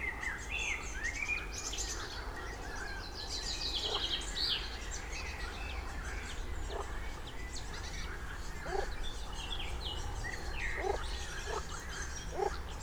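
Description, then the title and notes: Birds chirping and twittering, with several short lower sounds beneath them. Birdsong at the Motz leisure base, Motz, France. "922 Rte de L’Ia, 73310 Motz, France - oiseaux et grenouilles. Base de loisir de Motz chants d'oiseaux coassements de grenouilles"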